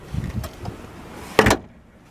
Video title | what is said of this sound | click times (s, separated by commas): How to lay down back seats of Toyota Rav 4 2019-2023 DIY video #rav4 #toyotarav4 #toyota | See that the tab has gone down and it's clicked into place. | 1.4 s